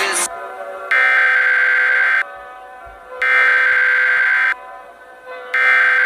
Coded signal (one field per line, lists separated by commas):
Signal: Emergency Alert System (SAME) tones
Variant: header bursts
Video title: EAS scenario: SCP 001 (EAS IS COOL and FireAlarmFanaticWX EAS)